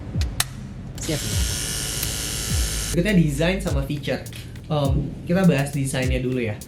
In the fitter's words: Kemudian pasang trimmernya, tekan sampai bunyi.